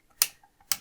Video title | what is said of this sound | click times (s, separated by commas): Build Your Own R2-D2 - Issue 88 - Assembling the Bottom Plate and Charging Point | It's just going to go in there, and as soon as I push that in, that's going to lock into place | 0.2 s, 0.7 s